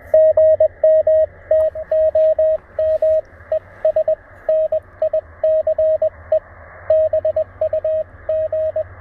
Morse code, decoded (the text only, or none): GM TOM ES NICE BUG